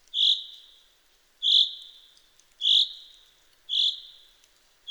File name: Fringilla coelebs